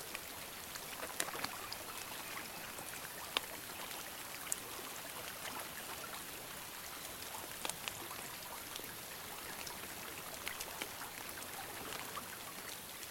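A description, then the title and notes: Gentle rain falls on a pond as a steady, soft hiss, dotted with frequent small drips and a few sharper, brighter plinks throughout. Tranquil pond ambience. Gentle rain on a pond.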